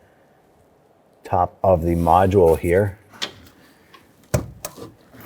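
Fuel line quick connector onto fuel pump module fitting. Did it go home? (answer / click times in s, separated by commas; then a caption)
yes / 4.3 s, 4.6 s. Someone talks as a plastic fuel line quick-connect coupler is pushed onto the outlet fitting on top of the fuel pump module of a 1997–2006 Jeep Wrangler. Two sharp clicks are heard at 4.3 s and 4.7 s as the connector locks into place, fully seated.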